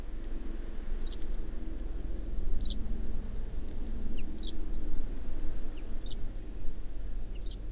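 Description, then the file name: Common chaffinch giving short, bright descending call notes roughly every one and a half seconds, with a few fainter lower chips between and low background hum. "Fringilla coelebs"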